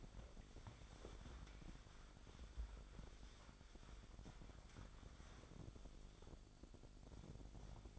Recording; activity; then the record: daily activity, microphone in the room; wipe stove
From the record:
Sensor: 5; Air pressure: 1007.1 hPa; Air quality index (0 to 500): 174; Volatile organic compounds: 4 ppm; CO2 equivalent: 1661 ppm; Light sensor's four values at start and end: 53/148/58/58 and 54/145/58/59